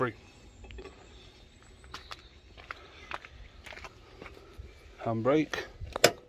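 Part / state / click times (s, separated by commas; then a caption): handbrake lever ratchet in a van / not seated / none. A handbrake lever ratchet in a Citroën Berlingo 1.9D Mk1 van is handled during a brake restoration while someone talks, with scattered sharp metallic ticks and a louder clatter near the end. The clip ends before the part goes home, so nothing has seated or clicked yet.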